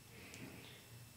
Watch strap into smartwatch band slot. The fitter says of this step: you'll feel a little click and then you're back